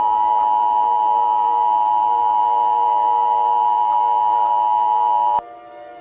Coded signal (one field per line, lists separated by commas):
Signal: Emergency Alert System (SAME) tones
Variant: 853 and 960 Hz attention tone